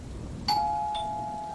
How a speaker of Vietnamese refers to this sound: Tiếng chuông cửa vang lên, người đàn ông sực tỉnh, đôi mắt chỉ còn đầy sự lạnh lẽo.